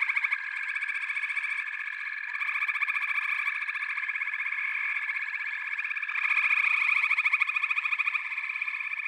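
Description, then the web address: Dense chorus of frogs giving fast, buzzy pulsed calls over sustained high tones, growing louder for a stretch just past the midpoint. "The Natural Sounds of the Wilderness. Echoes of Nature - Frog Chorus"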